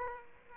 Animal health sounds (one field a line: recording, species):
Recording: mosquito wingbeat signal from an infrared sensor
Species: Aedes aegypti